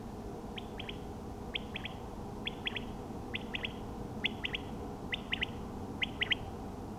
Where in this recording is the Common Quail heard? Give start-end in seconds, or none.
0.55-0.91, 1.53-1.88, 2.45-2.79, 3.33-3.67, 4.23-4.57, 5.11-5.46, 6.00-6.35